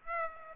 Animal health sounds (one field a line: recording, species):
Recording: mosquito wingbeat signal from an infrared sensor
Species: Aedes aegypti